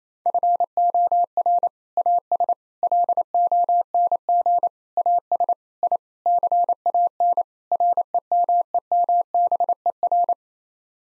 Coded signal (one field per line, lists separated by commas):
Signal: Morse code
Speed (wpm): 28 wpm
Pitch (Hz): 700 Hz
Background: none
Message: FOR AS LONG AS I CAN REMEMBER